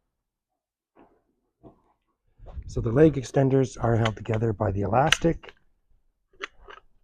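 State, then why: Seated. Someone talks while handling elastic-corded cot leg extender sections, with a few faint taps before the speech. At 6.4 s a sharp snap is heard as a leg extender is pushed into the cot leg and seats in place.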